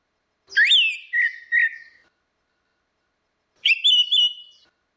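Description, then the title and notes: Orange-headed thrush song: a rising whistled note followed by two shorter whistles, then a pause and another brief whistled phrase. Continuous singing (ngeplong), used for training (masteran). "Suara Burung Anis Merah Ngeplong. Masteran Anis Kembang"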